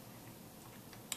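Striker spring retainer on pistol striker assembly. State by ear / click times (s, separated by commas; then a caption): not seated / none. While a Glock pistol's striker assembly is being reassembled by compressing the striker spring and seating the spring cup or retainer, quiet low rustling is followed by a brief sharp tick at about 1.1 seconds. The striker spring retainer fails to catch, so nothing has seated yet and the step has to be retried.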